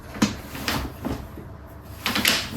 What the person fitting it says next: The reason that it clicks in like this is because this is used as a carry handle, so it needs to lock into place.